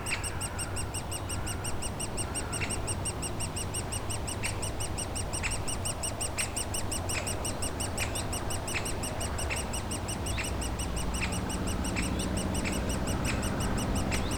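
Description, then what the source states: Woodpecker nestlings begging with quick, unbroken high chirps, about three per second, while a low aircraft drone grows louder toward the end. Nestlings in a cavity at the foot of a dead tree trunk, squawking continuously; Bois Saint-Martin, Noisy-le-Grand, France, near Lognes aerodrome; light aircraft and airliners overhead; recorded with a DR-40X.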